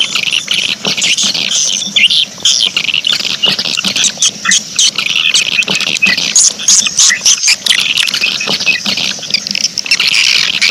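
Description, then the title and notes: Swiftlet chorus, rapid shrill chirps and clicking pulses overlapping continuously, with a soft low hum in the background. Swiftlet sound used in swiftlet farming, Asia. "Swiflet Bird Sound. Farming Swiflet Bird asia sound"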